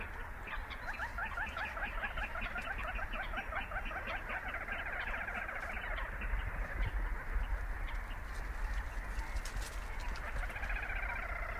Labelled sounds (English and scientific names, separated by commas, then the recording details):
Little Crake (Porzana parva)
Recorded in the wild
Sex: diverse
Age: adult
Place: Kützerhof, Kummerower See, Mecklenburg-Vorpommern, DE
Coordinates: 53.8583, 12.85
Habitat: wetland
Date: 2010-04-28 21:28
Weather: fair, 14°C, no wind
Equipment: Sound Devices 702, Sennheiser MKH 70, Rycote Windschutz
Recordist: Frommolt, Karl-Heinz